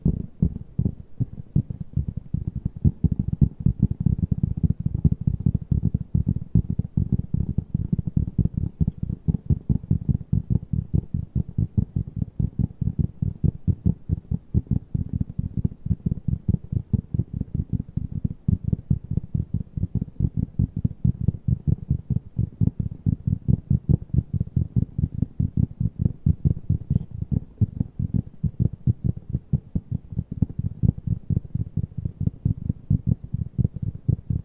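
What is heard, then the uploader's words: Fast, aggressive tapping runs without a break from start to finish, a dense, even stream of quick muffled knocks. The taps sound low and thuddy, with little brightness on top. No speech is heard. ASMR TAPPING NO TALKING, ASMR TAPPING FAST, ASMR TAPPING AGRESSIVE, ASMR TAPPING AROUND.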